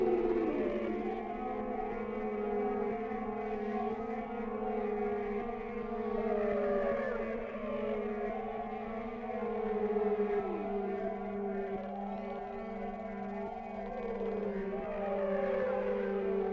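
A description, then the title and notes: Whale calls drift over a steady, droning bed of low tones. Long moaning cries slide up and down in pitch, with clearer swooping calls around the middle and near the end, while a soft hiss sits high above throughout. WHALE SOUNDS, WHITE NOISES. WHALE SOUNDS WITHOUT MUSIC.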